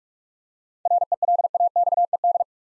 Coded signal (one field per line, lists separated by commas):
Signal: Morse code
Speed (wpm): 44 wpm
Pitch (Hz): 700 Hz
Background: none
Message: RELAXED